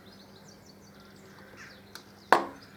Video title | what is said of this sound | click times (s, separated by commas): Harley Davidson Deuce project 32 | just push it and you hear that clip there that stock just clicked into place and then | 2.3 s